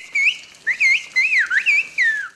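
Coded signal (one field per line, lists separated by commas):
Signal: whistled language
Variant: Turkish kuş dili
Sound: a loud gliding whistle rising and falling in pitch, in four quick phrases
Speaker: Doğu Karadeniz'de halk arasında kuş dili olarak ifade edilen ıslık dili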